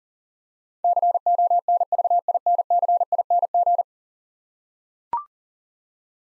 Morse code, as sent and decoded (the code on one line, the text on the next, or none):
-.-. --- -. ...- .. -. -.-. .. -. --.
CONVINCING